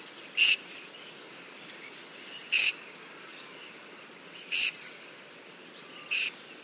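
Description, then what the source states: Purple-crowned Lorikeet calls: four piercing, high, clipped screeches given roughly every two seconds, with faint high chatter between them. Call described as less metallic than the Little Lorikeet's; recorded in the Stirling Range, Western Australia, on Menang and Goreng country.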